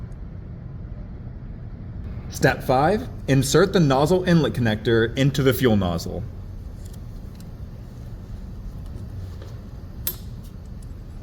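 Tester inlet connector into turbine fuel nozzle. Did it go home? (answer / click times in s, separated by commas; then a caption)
yes / 10.1 s. The nozzle inlet connector of a Bauer 1019-PT6 Model 90086 tester is inserted into a PT6A turbine fuel nozzle while someone talks from about 2.4 to 6.1 s. After a few faint ticks, a sharp click at 10.1 s shows the connector seating on the fuel nozzle, confirming it is secure.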